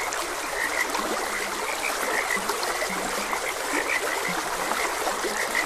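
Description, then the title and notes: Frogs call constantly in a crowded chorus, bright croaks mixed with occasional low drawn notes, beside softly running water. Frogs croaking beside a gentle stream. "Gentle Stream and Frogs Croaking - Calming Sounds of Nature. Sleep and Relaxation Podcast"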